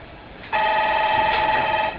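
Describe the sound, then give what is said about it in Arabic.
A telephone rings with one steady electronic trill that starts abruptly, holds at an even, fairly loud level for over a second, then cuts off. Nobody speaks over it. “ده لو بيرن علينا عشان الصلاة الظهر.”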